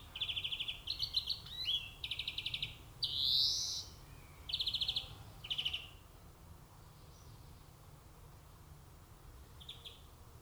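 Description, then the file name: European greenfinch uttering a string of buzzy trilled calls and one rising wheezy note, mostly in the first six seconds, then a quieter spell with one faint call. "Chloris chloris"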